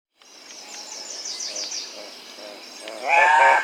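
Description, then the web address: Andean cock-of-the-rock calling with a loud, rough squawk near the end, after a run of quick high insect-like chirps and a constant high background drone. Recorded in South America. "S America Andean Cock-of-the-Rock (Rupicola"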